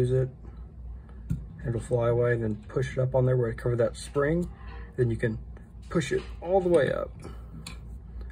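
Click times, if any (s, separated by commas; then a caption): 7.7 s. Someone talks while pushing the metal slide cover backplate up over the spring-loaded part on the rear of a Glock pistol slide. A sharp click is heard at 7.7 s, but the backplate is not fully seated and has not gone all the way down.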